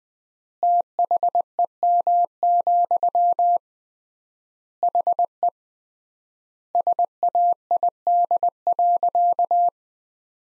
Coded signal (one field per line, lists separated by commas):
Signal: Morse code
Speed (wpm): 20 wpm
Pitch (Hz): 700 Hz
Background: none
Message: THEM, HE SAID.